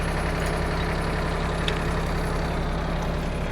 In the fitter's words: locked into place